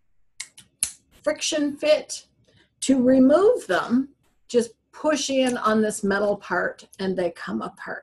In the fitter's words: simply going to snap these they friction fit and you'll hear a click